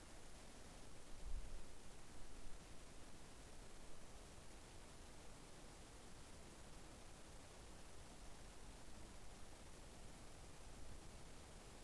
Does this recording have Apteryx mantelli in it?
no